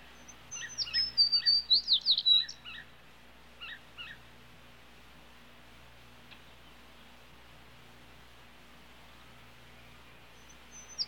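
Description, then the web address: Sparrow calls: one clear phrase of high whistles and a rapid twittering run near the start. Soft, brief chirps follow at intervals over a quiet background. "bird sparrow sparrow calls animal"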